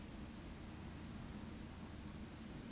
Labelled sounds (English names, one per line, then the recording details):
Eurasian Woodcock whistle
Eurasian Woodcock croak
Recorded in Baden-Württemberg, Germany, on 14 May 2021 at 19:38 UTC
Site 25175, 602 m above sea level